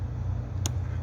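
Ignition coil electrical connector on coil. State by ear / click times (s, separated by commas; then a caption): released / 0.7 s. On a 2015 Lincoln Navigator, the lock is removed from the electrical connector on the last ignition coil and the plastic connector latch is pressed until it clicks free, so the connector can come out. A sharp, brief click sounds at 0.7 s over a steady low rumble.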